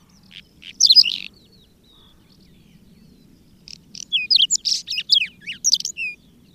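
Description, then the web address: Whinchat sings a short scratchy burst, then after a pause a longer phrase of quick whistled notes, some sweeping down, mixed with dry buzzy elements. "agykontroll Madardalok Cd 3. Rozsdás csuk"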